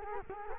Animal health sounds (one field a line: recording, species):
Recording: mosquito wingbeat signal from an infrared sensor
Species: Culex quinquefasciatus